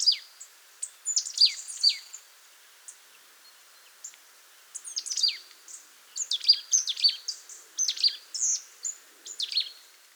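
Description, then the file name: Marsh tit calls: sharp, high chips and quick downslurred notes, delivered in two busy bursts separated by a short lull near the middle. "Poecile palustris"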